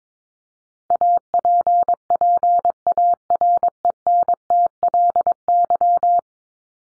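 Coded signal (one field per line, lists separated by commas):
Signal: Morse code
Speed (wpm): 22 wpm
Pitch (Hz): 700 Hz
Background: none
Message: APPARENTLY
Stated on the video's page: Morse head-copy drill of top 100 words ending in LY and their root words at 22 wpm, each sent, spoken, then sent again.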